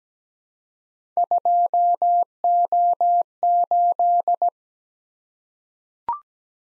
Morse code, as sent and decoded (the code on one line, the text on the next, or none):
..--- --- ---..
2O8